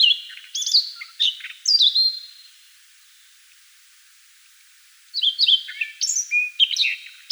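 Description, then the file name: Siberian rubythroat song with high whistled and chirping notes, a quiet gap of nearly three seconds, then a fresh varied phrase of sharp whistles. "solovey krasnosheyka golos"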